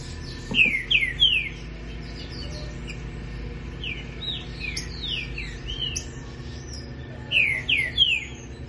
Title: Canto De Trinca Ferro